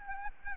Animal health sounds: mosquito wingbeat signal from an infrared sensor; Aedes albopictus

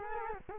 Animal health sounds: mosquito wingbeat signal from an infrared sensor; Culex quinquefasciatus

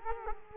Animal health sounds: mosquito wingbeat signal from an infrared sensor; Culex quinquefasciatus

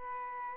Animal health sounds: mosquito wingbeat signal from an infrared sensor; Aedes aegypti

